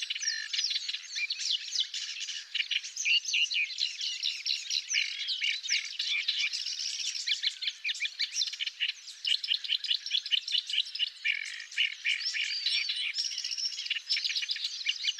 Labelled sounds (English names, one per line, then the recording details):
Paddyfield Warbler song
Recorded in the wild
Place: Tengiz, KZ
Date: 2000-05-13
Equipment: MiniDisc Sharp MT 20 H
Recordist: Schwarz, Dieter